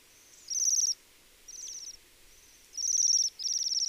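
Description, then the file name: Bohemian waxwing giving high, shimmering buzzy trills in several short bursts with brief gaps, some louder than others, over faint background hiss. "Sidensvans"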